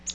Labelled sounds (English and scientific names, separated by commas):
Palm Warbler (Setophaga palmarum) flight call